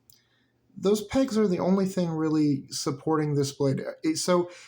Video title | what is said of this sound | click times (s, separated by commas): CRKT CEO vs CEO Flipper | essentially that's what they are they're little pegs and those pegs lock into place there | 0.1 s